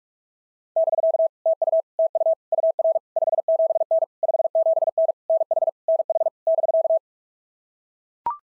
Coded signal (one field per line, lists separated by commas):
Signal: Morse code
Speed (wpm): 42 wpm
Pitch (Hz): 660 Hz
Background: none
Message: <BK> TU TU UR 57N 57N NH NH <BK>